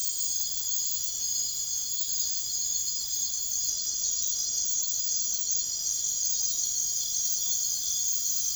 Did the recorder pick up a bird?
no